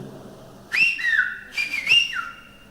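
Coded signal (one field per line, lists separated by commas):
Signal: whistled language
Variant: Silbo canario (whistled Spanish)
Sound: two loud whistled phrases with pitch rising, falling and sliding between high and mid notes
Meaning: Víctor, keep still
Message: Víctor, estate quieto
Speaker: ahora víctor estado quieto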